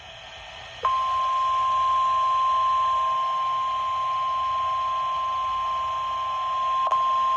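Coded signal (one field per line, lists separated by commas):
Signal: Emergency Alert System (SAME) tones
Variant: 1050 Hz attention tone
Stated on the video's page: NOAA weather radio scheduled weekly test with an error message saying the station is off the air.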